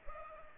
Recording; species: mosquito wingbeat signal from an infrared sensor; Culex pipiens